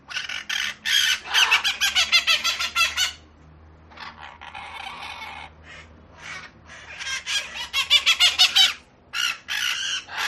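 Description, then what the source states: Parakeets chattering in rapid strings of rasping squawks, a fast burst, a quieter scratchy stretch, then another rapid run of harsh calls. Several parakeets, described as angry.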